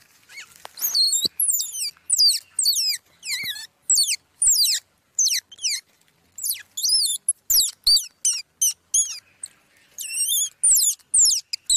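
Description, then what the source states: Squirrel pup giving many piercing, downward-slurred squeaks in quick, irregular bursts. Young squirrel calling for its mother.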